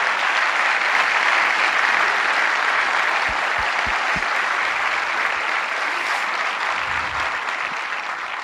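Sustained, loud applause from a large audience for the group's two leaders, a dense wash of clapping that holds steady throughout with a few low thumps mixed in.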